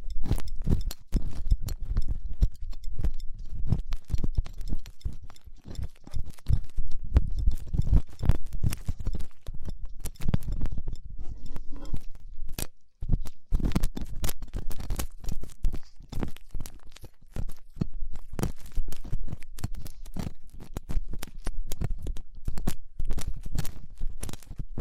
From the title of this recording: Ear Cleaning Latex Gloves, Dental Pick, Cotton Swabs